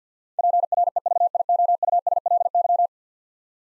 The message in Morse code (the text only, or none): PREVIOUSLY